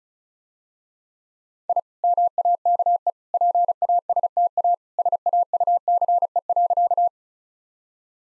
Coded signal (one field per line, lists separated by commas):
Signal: Morse code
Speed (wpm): 36 wpm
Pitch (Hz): 700 Hz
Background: none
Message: I MAKE PASTA SAUCE.